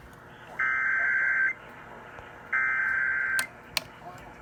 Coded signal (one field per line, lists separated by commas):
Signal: Emergency Alert System (SAME) tones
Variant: header bursts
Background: speech